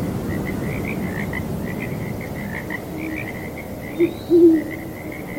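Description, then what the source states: Frogs croak in a chorus of quick, pulsed notes, with a few low owl hoots near the end. Breezy night; frogs heard together with hooting owls.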